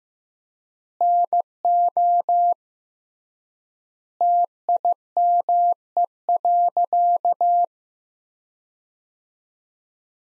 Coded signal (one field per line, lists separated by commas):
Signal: Morse code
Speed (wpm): 15 wpm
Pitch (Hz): 700 Hz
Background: none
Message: NO TIME.